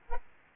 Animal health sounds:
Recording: mosquito wingbeat signal from an infrared sensor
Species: Aedes aegypti

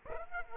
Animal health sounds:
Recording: mosquito wingbeat signal from an infrared sensor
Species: Aedes aegypti

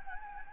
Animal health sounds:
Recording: mosquito wingbeat signal from an infrared sensor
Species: Anopheles gambiae

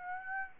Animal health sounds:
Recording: mosquito wingbeat signal from an infrared sensor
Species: Aedes aegypti

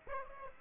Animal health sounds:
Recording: mosquito wingbeat signal from an infrared sensor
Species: Aedes aegypti

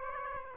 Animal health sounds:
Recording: mosquito wingbeat signal from an infrared sensor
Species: Aedes aegypti

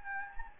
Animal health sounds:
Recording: mosquito wingbeat signal from an infrared sensor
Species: Anopheles gambiae

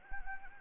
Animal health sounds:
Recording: mosquito wingbeat signal from an infrared sensor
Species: Anopheles gambiae

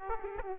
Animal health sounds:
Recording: mosquito wingbeat signal from an infrared sensor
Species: Aedes aegypti

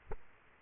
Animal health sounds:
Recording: mosquito wingbeat signal from an infrared sensor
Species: Aedes aegypti

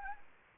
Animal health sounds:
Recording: mosquito wingbeat signal from an infrared sensor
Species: Anopheles gambiae

